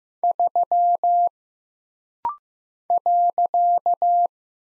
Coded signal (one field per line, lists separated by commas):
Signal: Morse code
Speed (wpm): 15 wpm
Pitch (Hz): 700 Hz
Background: none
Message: 3 .